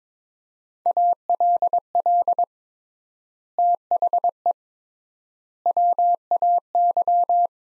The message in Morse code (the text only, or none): ALL THE WAY